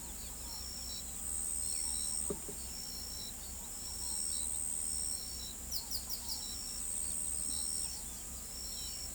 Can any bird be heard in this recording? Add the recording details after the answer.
yes. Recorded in pastures near Pivijay, Magdalena, Colombia, on 5 June 2023 at 06:30. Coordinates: 10.456, -74.369. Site P6-G026